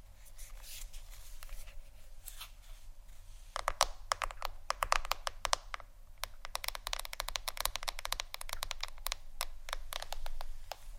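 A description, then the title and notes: Fingers tap on a phone or tablet screen in quick, irregular bursts of sharp clicks, sparse at first and growing denser after about four seconds. The taps sound bright and dry, like typing, over a faint steady low hum that runs throughout. ASMR Phonetablet Tapping（No Talking）.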